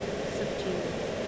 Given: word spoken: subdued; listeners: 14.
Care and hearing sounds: one English word in noise, from a listening test; speech-shaped noise; -6.2 dB; 3 of 14; 9 of 14; 0.88 s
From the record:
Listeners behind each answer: 9, 3, 1, 1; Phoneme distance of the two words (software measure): 7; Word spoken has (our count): 2 syllables, 7 phonemes, stress on syllable 2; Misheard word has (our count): 2 syllables, 6 phonemes, stress on syllable 2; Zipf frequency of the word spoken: 3.13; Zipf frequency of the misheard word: 2.59

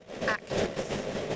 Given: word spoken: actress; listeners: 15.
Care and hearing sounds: one English word in noise, from a listening test; noise modulated by three-talker babble; -5.8 dB; 3 of 15; 6 of 15; 0.96 s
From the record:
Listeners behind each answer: 6, 3, 1, 1, 1, 1, 1, 1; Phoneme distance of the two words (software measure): 27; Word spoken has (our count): 2 syllables, 6 phonemes, stress on syllable 1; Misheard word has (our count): 2 syllables, 5 phonemes, stress on syllable 1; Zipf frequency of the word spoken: 4.27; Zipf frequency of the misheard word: 4.26

